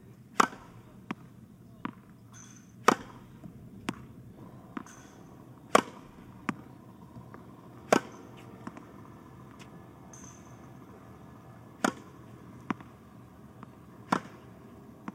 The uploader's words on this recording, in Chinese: 网球比赛 击球和落地的声音超解压。纯净无人声。